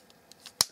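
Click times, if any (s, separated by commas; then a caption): 0.6 s. A plastic part of a Transformers Animated Voyager Starscream action figure is folded upward, with faint small ticks at about 0.1, 0.3 and 0.5 seconds. A loud, sharp click at 0.6 seconds is the part locking into place.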